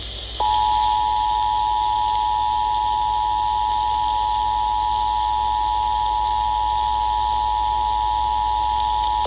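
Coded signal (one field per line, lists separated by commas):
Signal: Emergency Alert System (SAME) tones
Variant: 853 and 960 Hz attention tone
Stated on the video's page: National periodic test of the emergency alert system, recorded on a phone.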